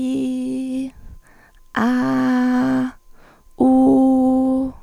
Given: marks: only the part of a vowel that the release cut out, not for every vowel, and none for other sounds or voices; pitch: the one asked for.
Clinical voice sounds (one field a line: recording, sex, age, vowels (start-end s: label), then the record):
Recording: sustained vowels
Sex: female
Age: 20 to 29 years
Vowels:
0.00-0.81 s: vowel /i/, normal pitch
1.89-2.81 s: vowel /a/, normal pitch
3.69-4.58 s: vowel /u/, normal pitch
From the record:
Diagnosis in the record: healthy voice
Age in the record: 21 years